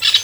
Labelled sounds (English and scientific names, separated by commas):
Brown-throated Parakeet (Eupsittula pertinax) contact call